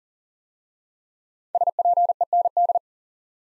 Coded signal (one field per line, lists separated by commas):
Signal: Morse code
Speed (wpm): 42 wpm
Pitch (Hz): 700 Hz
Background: none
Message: SPEND